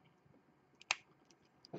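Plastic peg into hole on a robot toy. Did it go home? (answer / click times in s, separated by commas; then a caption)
yes / 0.9 s. A plastic peg on a plastic robot toy is pushed into its matching hole during the toy's transformation. It produces one sharp, bright click at 0.9 s among faint handling noise, and the peg is seated. A softer rustle of handling follows near 1.75 s.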